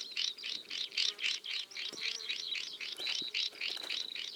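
Swinhoe's snipe, scratchy calls pulsing about four times per second, with a few sharp clicks and thin high tones mixed in.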